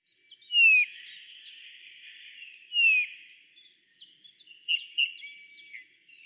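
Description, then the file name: Eurasian bullfinch calling, two clear downslurred piping whistles, then softer notes amid busy high chirping from other birds. "Pyrrhula pyrrhula"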